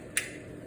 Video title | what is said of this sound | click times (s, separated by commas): Synthes RIA (Reaming Irrigator Aspirator) | and then after I put the yellow piece in then I push it all the way in and it should click into place | 0.2 s